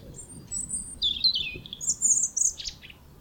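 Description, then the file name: European robin singing two quick, sparkling phrases of high twittering notes, some dropping steeply in pitch, over a quiet low hum. "Erithacus rubecula"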